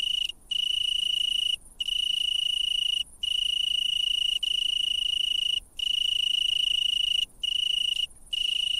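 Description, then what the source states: Italian tree cricket stridulation, a loud, pure, ringing trill broken by several short silent gaps. Males sing so that females can locate them and mate.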